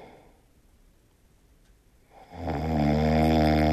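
After about two quiet seconds, a single loud, low, buzzing snore from an adult sleeper rises and holds steady to the end.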